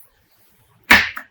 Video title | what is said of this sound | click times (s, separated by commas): Lamello Tenso P-10 - Crown Molding with Zeta P2 | tab on the tool snap that guy into place | 0.9 s